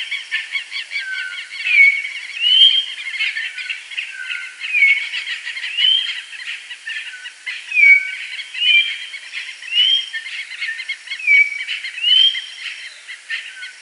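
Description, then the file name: Bird calls: clear whistled notes that alternately slur down and sweep up, repeated at intervals, over a dense background of high chirps and hiss. "SABIOD 50 bird 2015"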